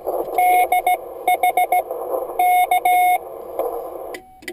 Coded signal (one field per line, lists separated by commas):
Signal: Morse code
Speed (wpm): 16 wpm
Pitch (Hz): 730 Hz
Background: radio noise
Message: DH K